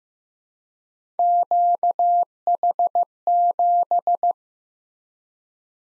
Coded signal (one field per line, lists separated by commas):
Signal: Morse code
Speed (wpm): 15 wpm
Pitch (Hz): 700 Hz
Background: none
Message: QH7